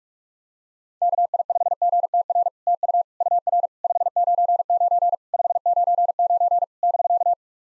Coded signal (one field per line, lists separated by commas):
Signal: Morse code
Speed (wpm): 46 wpm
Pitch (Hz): 700 Hz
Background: none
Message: KI5GTR TU UR 599 599 <BK>